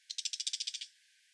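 Brown shrike call, a quick dry chattering rattle of about ten harsh notes lasting under a second.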